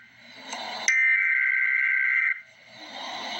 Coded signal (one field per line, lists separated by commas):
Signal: Emergency Alert System (SAME) tones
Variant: header bursts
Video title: Emergency Alert System - Flash Flood Warning - Jul 28, 2025 at 5:03 PM EDT